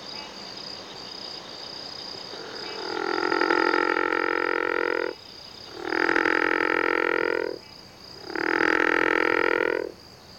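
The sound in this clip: River frog croak: after a few quiet seconds, three drawn-out, harmonic calls follow, each lasting roughly two seconds with short silences between.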